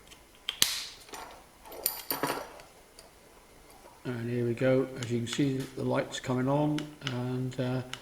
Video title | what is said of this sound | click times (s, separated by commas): How to replace a VW Golf mark 7 key fob battery | and then it's just a question of clicking in the cover. | 0.5 s, 0.6 s